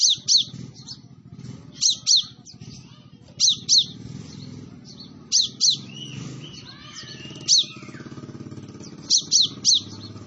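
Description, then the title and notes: Sunbird song of paired and tripled high chirps at irregular intervals over a steady low rumbling background noise. Kolibri Ninja singing actively (gacor), with full fill-in phrases and 'tembakan' bursts, used as a lure for training other birds. "MASTERAN KOLIBRI NINJA TERBAIK FULL ISIAN DAN TEMBAKAN MEWAH COCOK BUAT PANCINGAN. Suara Burung Kolibri Ninja Gacor"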